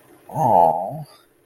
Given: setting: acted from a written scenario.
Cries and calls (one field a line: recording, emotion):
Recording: vocal sound without words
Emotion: shame